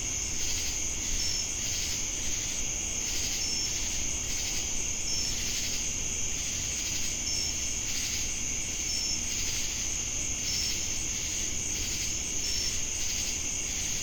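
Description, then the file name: Crickets trilling continuously in a shrill insect chorus, overlaid by regularly recurring pulses. Crickets heard together with cicadas in Jamestown, North Carolina, on 10 August 2018. "Crickets And Sacadas Jamestown NC August-10-2018"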